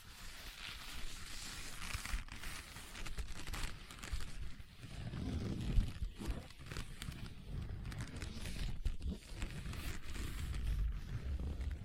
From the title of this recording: Leather Tapping & Scratching Sounds